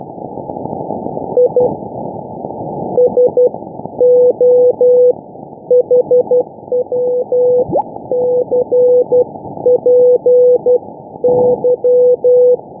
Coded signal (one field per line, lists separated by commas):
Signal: Morse code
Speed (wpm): 12 wpm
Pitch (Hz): 500 Hz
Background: none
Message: ISO HW CPY